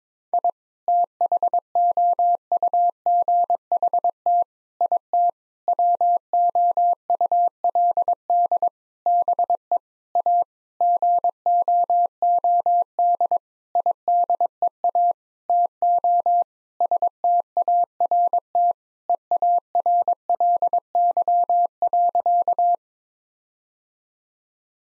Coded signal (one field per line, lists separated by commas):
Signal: Morse code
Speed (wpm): 22 wpm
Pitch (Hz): 700 Hz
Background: none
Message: I THOUGHT IT WOULD BE A GOOD IDEA TO START EARLY.